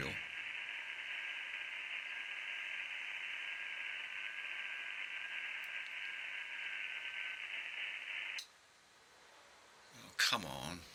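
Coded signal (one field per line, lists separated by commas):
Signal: FT8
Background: speech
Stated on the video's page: 5 watts into an indoor magnetic loop antenna, with noise from a dirty laptop charger interfering.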